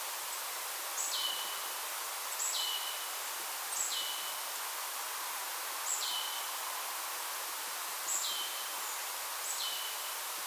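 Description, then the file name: Marsh tit giving repeated two-part calls, a sharp high note sliding down to a lower tone, spaced irregularly over a constant hiss. "Poecile palustris"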